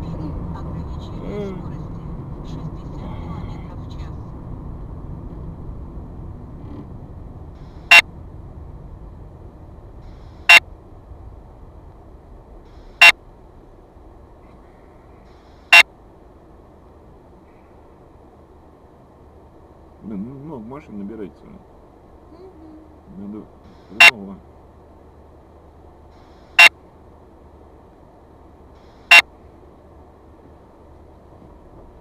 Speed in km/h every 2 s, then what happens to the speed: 43, 38, 31, 22, 14, 9, 5, 2, 1, 0, 0, 0, 0, 0, 0, 0.
0-14 slows to 2. 14-32 standing.